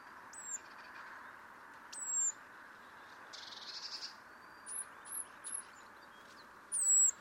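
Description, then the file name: Eurasian blue tit giving thin, very high, sharply falling notes in scattered bursts, with one brief soft buzzy churr in the middle. "Cyanistes caeruleus"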